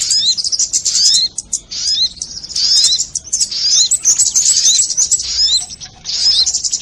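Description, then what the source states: Crimson sunbird song: high, thin twittering phrases with bright upslurred whistles, coming in repeated bursts. Song in the "labaik" style.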